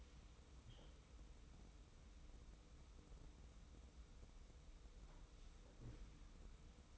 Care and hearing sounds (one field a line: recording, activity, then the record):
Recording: daily activity, microphone in the room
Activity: wipe stove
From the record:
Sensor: 1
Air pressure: 990.5 hPa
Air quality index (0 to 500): 166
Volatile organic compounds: 1000 ppm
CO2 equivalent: 6078 ppm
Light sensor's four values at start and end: 31/73/31/34 and 32/73/31/34